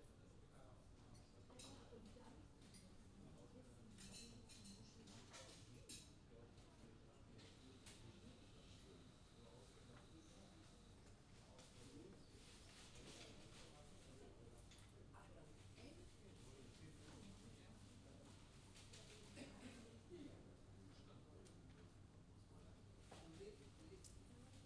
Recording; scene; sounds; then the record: everyday scene through a hearing-aid microphone; many people talking; many voices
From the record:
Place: university cafeteria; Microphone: in the ear canal, left